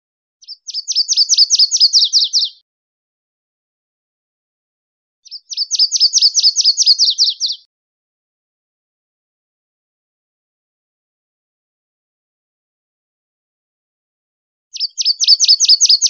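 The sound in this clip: Virginia's warbler singing a quick high trill of repeated notes lasting about two seconds, the song repeated three times with long silent gaps.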